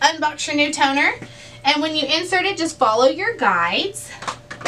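A new toner cartridge is handled for insertion along its guides into an HP MFP-M426fdw laser multifunction printer while someone talks, with a brief faint knock near 4.5 s. The cartridge has not seated or clicked into place yet.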